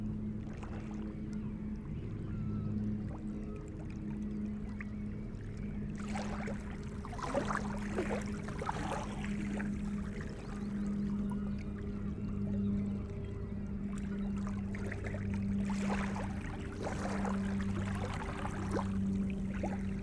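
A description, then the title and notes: Shoreline at low tide, with a steady low droning hum like a boat engine running the whole way through, pulsing slightly. Small splashes and trickles of water come and go, busiest from about six to ten seconds and again near the end. Sunrise at Botany Bay, Thanet. 4am recording on the shoreline, at low tide. Spaced omni AT4022's, with Jecklin disk, into Sound Devices 744T.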